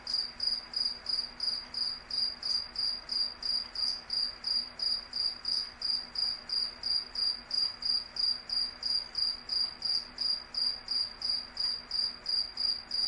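Cricket chirping, a steady high-pitched pulsing trill repeated about three times per second throughout, with a faint low hum beneath.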